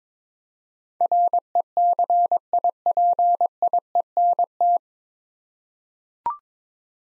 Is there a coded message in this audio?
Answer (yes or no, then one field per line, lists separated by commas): yes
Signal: Morse code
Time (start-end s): 1.0-4.8 s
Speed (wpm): 22 wpm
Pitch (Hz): 700 Hz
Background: none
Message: RECIPIENT